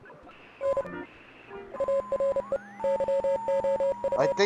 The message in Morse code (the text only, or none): N ARE YOU